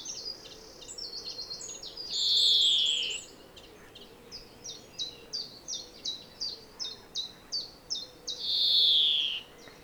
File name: Chloris chloris